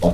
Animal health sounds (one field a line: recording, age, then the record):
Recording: pig call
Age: piglet (1 to 25 days)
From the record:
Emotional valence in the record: positive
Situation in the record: reunion after long isolation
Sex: male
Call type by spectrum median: low-frequency call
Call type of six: low-frequency tonal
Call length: 0.14 s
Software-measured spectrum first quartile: 155 Hz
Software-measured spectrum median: 378 Hz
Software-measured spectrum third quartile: 629 Hz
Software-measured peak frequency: 612 Hz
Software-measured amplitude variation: 118 dB a second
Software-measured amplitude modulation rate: 7.2 a second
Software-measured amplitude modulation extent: 16.4 dB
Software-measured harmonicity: 3.5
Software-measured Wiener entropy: -1.14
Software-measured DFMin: 858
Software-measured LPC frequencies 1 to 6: 618, 2080, 3373, 4788, 5502, 6224 Hz